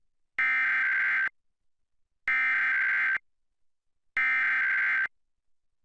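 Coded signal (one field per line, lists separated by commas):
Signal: Emergency Alert System (SAME) tones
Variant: header bursts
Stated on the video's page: Pennsylvania monthly EAS test recorded from a TV broadcast.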